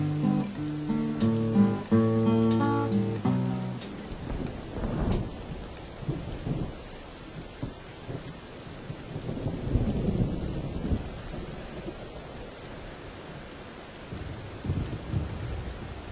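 A musical phrase ends in the first few seconds, then steady hissing rain takes over, broken by several deep, rolling rumbles of thunder that swell and fade.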